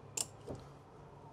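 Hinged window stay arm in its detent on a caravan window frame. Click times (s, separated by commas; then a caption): 0.2 s. The hinged plastic window of a Hobby De Luxe Edition 460 UFE caravan is opened by pushing its pins and lifting it upward. Its stay arm clicks into a detent position on the window frame at 0.2 s with a sharp, bright click, followed by a softer, lower thump around 0.5 s. Each click marks one step, and the window is let go once it clicks upward and seats.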